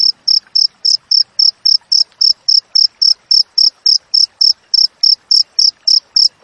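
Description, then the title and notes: Cricket song of bright, clipped chirps repeated about four times per second, with soft low ticks and clicks in the background. Clear natural cricket recording with closely spaced chirps, intended as master audio for training songbirds and for driving away rats. "Masteran Jangkrik Alam Jernih, Jeda Rapat Cocok Untuk Masteran Burung Dan Mengusir Tikus. suara jangkrik"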